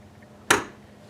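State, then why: Seated. A window blind headrail is pushed down into the first metal mounting bracket on the wall. A sharp, loud snap is heard at 0.5 seconds as it snaps in place, and the headrail is seated in the bracket.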